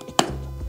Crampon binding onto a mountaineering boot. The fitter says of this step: so they sit nice and snug and when you put this on you should hear an audible click